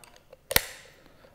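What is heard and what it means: The double clinch strap clip on the side of a Tusa Xpert Zoom fin is opened to take the strap out. After a few faint ticks, a sharp, loud double snap comes at 0.5 s and 0.6 s, then rings down. The strap clip comes unclipped and releases.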